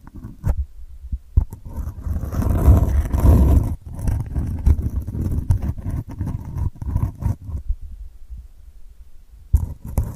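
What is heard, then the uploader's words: Delicate scratching in uneven, rapid bursts, with a denser, louder stretch around two to four seconds and sharp ticks throughout. ASMR Delicate Scratching for Sleep (No Talking).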